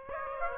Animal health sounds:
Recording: mosquito wingbeat signal from an infrared sensor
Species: Aedes aegypti

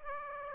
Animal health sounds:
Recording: mosquito wingbeat signal from an infrared sensor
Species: Aedes aegypti

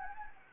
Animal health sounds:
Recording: mosquito wingbeat signal from an infrared sensor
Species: Anopheles gambiae

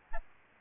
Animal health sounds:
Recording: mosquito wingbeat signal from an infrared sensor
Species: Aedes albopictus

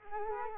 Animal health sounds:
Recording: mosquito wingbeat signal from an infrared sensor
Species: Culex quinquefasciatus

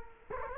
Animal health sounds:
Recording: mosquito wingbeat signal from an infrared sensor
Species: Culex quinquefasciatus

